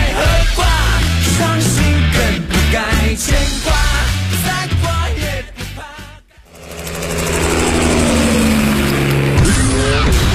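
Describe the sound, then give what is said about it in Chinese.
A V8 sports car engine, an all-aluminium petrol engine in a car with a top speed over 300 km/h, revs hard, first in rapid throbbing pulses, then after a brief dip it surges into a loud, sustained roar whose pitch sweeps and falls. “配备 V8 引擎，全14驱系统，全铝汽油发动机，最高时速超过每小时300公里。”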